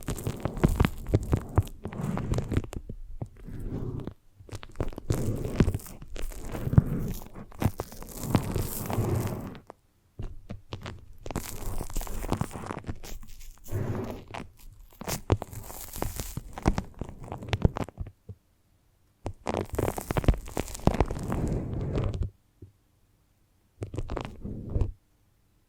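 Foamy, sticky squishing for a brain massage, coming in dense crackling bursts of a few seconds each. Wet crunching and tearing textures fill each burst, split by short silences around 4, 10, 18, 22 and 24 seconds.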